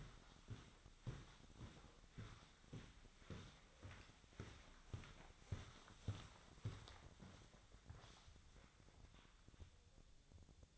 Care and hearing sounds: daily activity, microphone in the room; walk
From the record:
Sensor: 3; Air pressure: 1009.3 hPa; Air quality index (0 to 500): 192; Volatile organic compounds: 4 ppm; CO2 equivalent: 1550 ppm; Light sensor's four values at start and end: 55/141/62/64 and 58/149/65/68

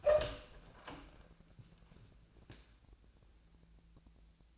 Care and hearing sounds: daily activity, microphone in the room; open door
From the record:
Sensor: 2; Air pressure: 1000.3 hPa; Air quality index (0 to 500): 161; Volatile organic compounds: 3 ppm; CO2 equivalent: 1342 ppm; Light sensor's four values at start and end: 10/23/10/10 and 10/24/10/11

